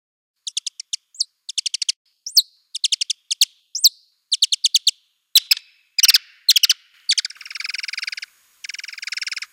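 Free-tailed bat song made of rapid bursts of clicky chirps in short groups, a few sweeping notes, then long buzzy pulsed trills toward the end.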